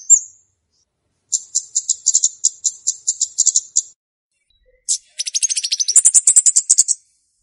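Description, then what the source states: Flowerpecker song: a high chirp, then an evenly spaced series of high, thin ticks, a pause, then a sharp note and a rapid, rising, high trill. Song used as a lure for trapping birds.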